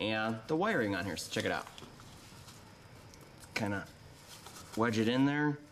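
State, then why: Not seated. A plastic oil drain funnel is being wedged between two frame members of a John Deere riding lawn tractor, where it will direct oil away from the frame and wiring. Someone talks while faint handling sounds come through in the quieter middle stretch. Nothing has seated or clicked yet, and the funnel is not yet in place by the end.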